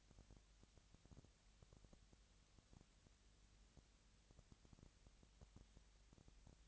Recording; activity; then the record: daily activity, microphone in the room; no activity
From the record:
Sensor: 3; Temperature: 20.6 degrees Celsius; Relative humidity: 35.7%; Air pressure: 998.8 hPa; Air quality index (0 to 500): 236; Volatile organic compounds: 72 ppm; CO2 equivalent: 3534 ppm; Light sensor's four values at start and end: 2/3/2/2 and 2/3/2/2